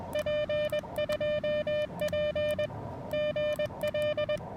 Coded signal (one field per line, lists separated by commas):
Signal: Morse code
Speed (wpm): 21 wpm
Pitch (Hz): 590 Hz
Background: music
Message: P2P GL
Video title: Challenging Prop: Post-Hamvention POTA with Friends at Dayton Aviation Heritage NHP!